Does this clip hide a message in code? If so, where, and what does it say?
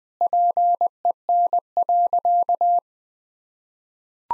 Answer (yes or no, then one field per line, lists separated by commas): yes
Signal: Morse code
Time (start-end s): 0.2-2.8 s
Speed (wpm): 20 wpm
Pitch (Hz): 700 Hz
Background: none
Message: PEN.